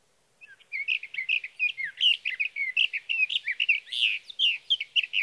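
Sage thrasher song, a fast, sustained warbling stream of short chirps and slurs, tumbling on for nearly five seconds.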